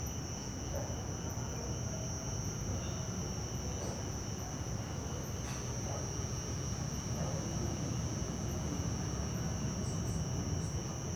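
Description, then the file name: Crickets keep up an unbroken shrill chorus above a constant low rumble, with a faint click near the middle. Many crickets in a residential setting in the late afternoon. "Ambiencia residencial fim de tarde muitos grilos e cigarra, aviao passa longe e devagar, pessoas dentro de casa e morcegos"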